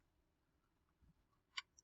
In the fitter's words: Hear it snap in.